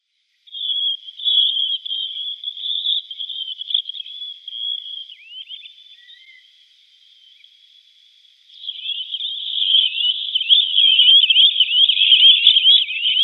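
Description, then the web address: Least Sandpiper flock calls, dense high-pitched trilling chirps from many birds, dipping briefly into near quiet before a louder, busier chorus of overlapping squeaks returns. A flock calling together. "Schulze Peter Least Sandpiper"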